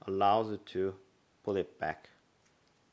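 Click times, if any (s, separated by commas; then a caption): none. Someone talks while handling the sliding blade guard or lock on a Fiskars hand cutting tool, with quiet pauses between the words. Nothing has clicked or locked into place yet.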